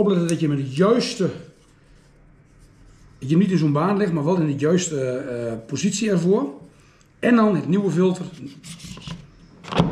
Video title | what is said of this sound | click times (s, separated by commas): Airfrayer onderhoud!!! Erg Belangerijk!!😨😨😨...... | weer in goed erin klikken en deze kan weer terug in de airf voordat je monteert | 9.7 s, 9.8 s